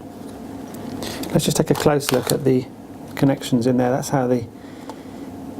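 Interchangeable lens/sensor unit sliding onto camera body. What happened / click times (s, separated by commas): Handled, not yet home: no locking click from the lens unit / none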